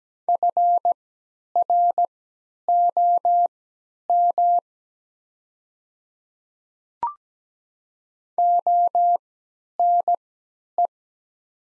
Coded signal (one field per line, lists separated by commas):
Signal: Morse code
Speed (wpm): 17 wpm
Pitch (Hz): 700 Hz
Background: none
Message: FROM ONE